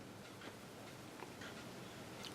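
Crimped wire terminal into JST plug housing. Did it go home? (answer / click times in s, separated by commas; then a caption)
no / none. A crimped wire terminal is lined up with a JST plug housing, its metal side facing the housing holes and its notches at the top, just before being pushed in. Only quiet handling sounds are heard over a low steady hiss, with faint ticks around 1.2 s and 2.3 s. The terminal has not yet been pushed in and nothing has clicked or seated.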